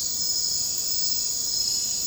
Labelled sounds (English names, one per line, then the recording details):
none
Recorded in secondary vegetation near Puerto Asís, Putumayo, Colombia, on 9 March 2025 at 02:30
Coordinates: 0.484, -76.319
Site G010